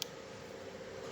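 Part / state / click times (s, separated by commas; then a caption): spring lock clip onto motorcycle chain master link / seated / 0.0 s. A spring lock clip is pressed onto a motorcycle chain's master link with pliers and snaps on with a single sharp, brief metallic click at 0.0 s. A steady low hum and background noise follow. The clip is seated and the chain is locked.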